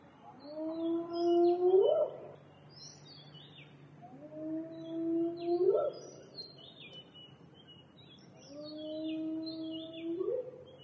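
Spotted hyena whooping three times, roughly every four seconds, each call a low drawn-out note rising steeply at the end, while small birds chirp softly in the background.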